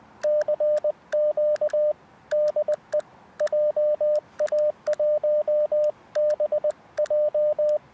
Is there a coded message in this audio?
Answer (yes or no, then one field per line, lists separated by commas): yes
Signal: Morse code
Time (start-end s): 0.2-7.8 s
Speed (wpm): 20 wpm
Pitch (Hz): 590 Hz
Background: radio noise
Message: CQ DE JA1BJ